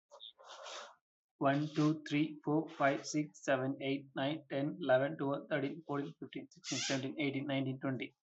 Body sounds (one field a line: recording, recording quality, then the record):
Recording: counting at a fast pace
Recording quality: excellent, no background noise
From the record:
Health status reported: healthy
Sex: male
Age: 30 years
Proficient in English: yes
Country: India